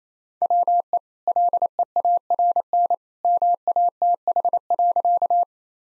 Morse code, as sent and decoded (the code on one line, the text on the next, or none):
.-- . / .-.. . .- .-. -. / -- .- - .... .-.-.-
WE LEARN MATH.